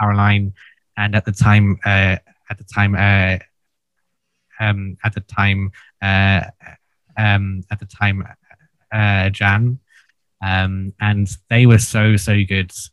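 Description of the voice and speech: A low-pitched adult male voice repeats the phrase "at the time" four times in a row. Drawn-out "uh" and "um" fillers and long pauses break up the phrase before he moves on. This disfluent speech is stuttering, in a man who took an intensive stuttering therapy course.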